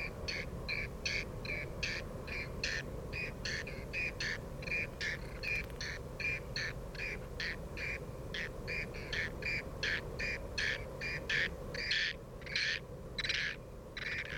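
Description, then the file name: Whiskered tern calls, harsh rasping notes repeated rapidly, more than one per second, over steady background noise. "fattyuszerko hangja"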